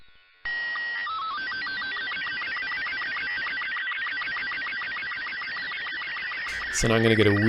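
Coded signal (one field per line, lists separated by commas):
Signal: SSTV (slow-scan television)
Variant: Robot 36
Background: speech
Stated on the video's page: Shortwave radio signals heard through an SDR.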